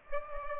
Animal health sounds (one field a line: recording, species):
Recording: mosquito wingbeat signal from an infrared sensor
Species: Aedes aegypti